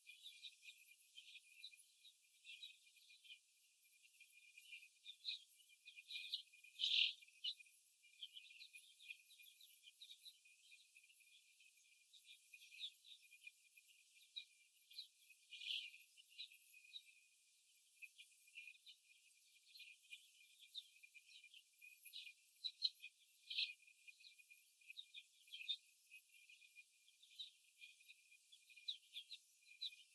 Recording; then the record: young laying hens in a cage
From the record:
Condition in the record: after the stressor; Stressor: simulated dog barking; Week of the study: 1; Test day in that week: 2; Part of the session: 2